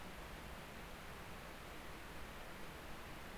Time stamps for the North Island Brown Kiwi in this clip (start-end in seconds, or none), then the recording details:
none. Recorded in New Zealand on 19 October 2013. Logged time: 01:58. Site CR37